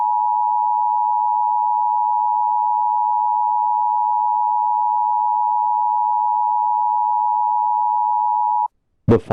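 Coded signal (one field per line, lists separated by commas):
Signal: Emergency Alert System (SAME) tones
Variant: 853 and 960 Hz attention tone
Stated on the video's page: Fictional, simulated alert scenario.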